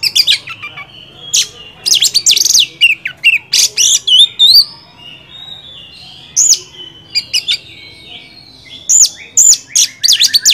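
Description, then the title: Oriental magpie-robin song: long sequences of varied chirps, squeaky notes and looping whistles, broken by short pauses, then resuming in lively bursts. Indonesian songbird training (masteran) recording of an oriental magpie-robin, described as a first-place champion. "Masteran Kacer Juara 1"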